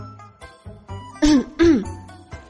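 A person gives two quick, dry throat-clearing coughs in succession, each a loud, rough, slightly voiced burst, against an otherwise quiet background with faint low hum.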